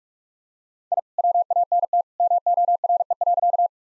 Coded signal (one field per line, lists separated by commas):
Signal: Morse code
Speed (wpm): 47 wpm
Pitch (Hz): 700 Hz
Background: none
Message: I WANT MORE.